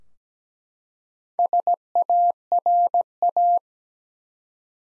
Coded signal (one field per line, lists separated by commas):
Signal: Morse code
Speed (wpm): 17 wpm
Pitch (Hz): 700 Hz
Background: none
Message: SARA